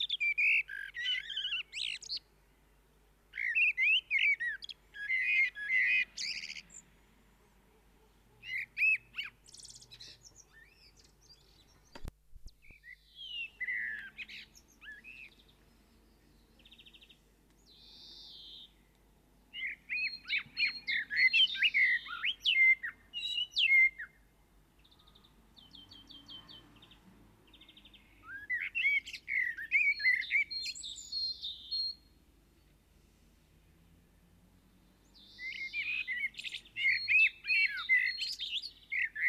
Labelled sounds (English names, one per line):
Common Blackbird song